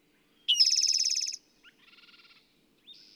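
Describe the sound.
Bird delivering a loud, fast rattling trill, followed by a softer, lower trill and a short buzzy note.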